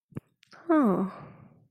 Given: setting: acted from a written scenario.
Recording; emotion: vocal sound without words; positive surprise